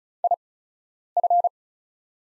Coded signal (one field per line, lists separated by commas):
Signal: Morse code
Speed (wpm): 36 wpm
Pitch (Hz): 700 Hz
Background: none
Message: IF